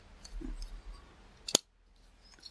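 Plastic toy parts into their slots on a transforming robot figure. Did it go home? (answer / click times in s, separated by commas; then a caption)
yes / 1.5 s. Two plastic parts on a transforming robot toy figure are pushed into their slots during its conversion. A faint rustle of handling leads to two sharp plastic clicks at 1.5 and 1.6 seconds. The parts snap firmly into place.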